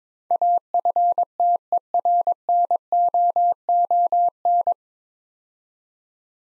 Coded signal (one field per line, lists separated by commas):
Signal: Morse code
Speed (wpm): 22 wpm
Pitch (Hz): 700 Hz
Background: none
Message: AFTERNOON